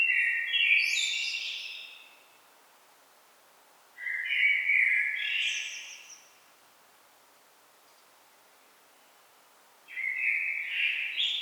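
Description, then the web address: Common blackbird singing three separate phrases, mellow whistled notes ending in higher twittering, with long quiet spells between them. "SETE data Turdus merula"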